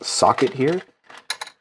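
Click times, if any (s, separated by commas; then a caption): 1.3 s. Someone talks, then the plastic arm of a large transforming Transformers Ultimate Bumblebee Battle-Charged figure from Revenge of the Fallen is pushed into the body, lining up its D-shaped gear cone with the matching shoulder socket. After a soft rustle around 1.1 s, a sharp snap at 1.3 s is followed by a smaller tick at 1.4 s as the cone clicks into place and the arm is seated.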